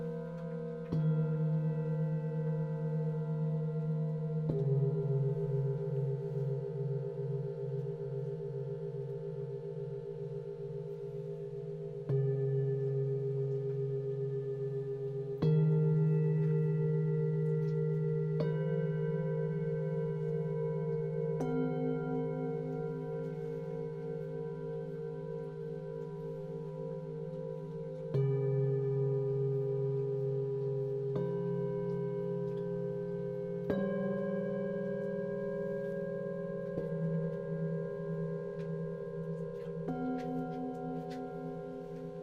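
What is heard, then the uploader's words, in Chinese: Singing bowls ring out in long, overlapping tones, with a new bowl struck every few seconds, around 4, 12, 15, 18, 28 and 34 seconds. Each strike blooms and then slowly fades, leaving a steady, pulsing hum that stays low and warm with faint bright overtones above. 頂輪頌缽冥想療癒。頌缽的聲音。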